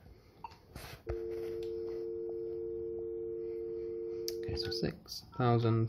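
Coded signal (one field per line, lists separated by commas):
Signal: telephone call progress tone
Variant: UK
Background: speech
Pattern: dial tone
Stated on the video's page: Call-transfer tones on an Avaya J139 desk phone.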